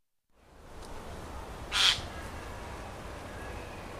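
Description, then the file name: Eurasian jay uttering a single short, harsh screech midway through an otherwise quiet stretch with faint background hiss. "Garrulus glandarius"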